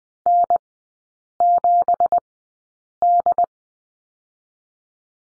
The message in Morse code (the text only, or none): N7D